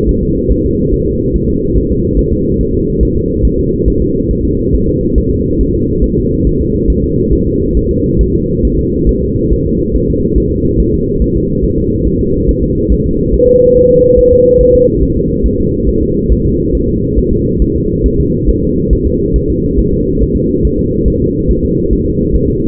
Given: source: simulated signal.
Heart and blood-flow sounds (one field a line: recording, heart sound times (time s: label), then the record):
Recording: fetal heart sounds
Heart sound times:
0.09 s: S1
0.23 s: S2
0.51 s: S1
0.66 s: S2
0.94 s: S1
1.08 s: S2
1.36 s: S1
1.50 s: S2
1.78 s: S1
1.92 s: S2
2.19 s: S1
2.33 s: S2
2.61 s: S1
2.75 s: S2
3.03 s: S1
3.17 s: S2
3.45 s: S1
3.59 s: S2
3.88 s: S1
4.02 s: S2
4.31 s: S1
4.45 s: S2
4.75 s: S1
4.89 s: S2
5.18 s: S1
5.32 s: S2
5.61 s: S1
5.75 s: S2
6.04 s: S1
6.18 s: S2
6.47 s: S1
6.61 s: S2
6.90 s: S1
7.04 s: S2
7.33 s: S1
7.47 s: S2
7.77 s: S1
7.91 s: S2
8.21 s: S1
8.35 s: S2
8.65 s: S1
8.79 s: S2
9.09 s: S1
9.23 s: S2
9.53 s: S1
9.67 s: S2
9.96 s: S1
10.10 s: S2
10.38 s: S1
10.52 s: S2
10.80 s: S1
10.94 s: S2
11.22 s: S1
11.36 s: S2
11.64 s: S1
11.78 s: S2
12.07 s: S1
12.21 s: S2
12.49 s: S1
12.63 s: S2
12.92 s: S1
13.06 s: S2
13.34 s: S1
13.48 s: S2
13.77 s: S1
13.91 s: S2
14.19 s: S1
14.33 s: S2
14.61 s: S1
14.75 s: S2
15.03 s: S1
15.17 s: S2
15.46 s: S1
15.60 s: S2
15.88 s: S1
16.03 s: S2
16.32 s: S1
16.46 s: S2
16.75 s: S1
16.89 s: S2
17.19 s: S1
17.33 s: S2
17.62 s: S1
17.76 s: S2
18.06 s: S1
18.20 s: S2
18.49 s: S1
18.63 s: S2
18.93 s: S1
19.07 s: S2
19.36 s: S1
19.50 s: S2
19.79 s: S1
19.93 s: S2
20.22 s: S1
20.36 s: S2
20.65 s: S1
20.79 s: S2
21.08 s: S1
21.22 s: S2
21.51 s: S1
21.65 s: S2
21.93 s: S1
22.07 s: S2
22.36 s: S1
22.50 s: S2
From the record:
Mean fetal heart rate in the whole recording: 140 bpm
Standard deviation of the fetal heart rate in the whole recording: 2 bpm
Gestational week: 34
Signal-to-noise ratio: -14.7 dB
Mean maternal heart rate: 72 bpm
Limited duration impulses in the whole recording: present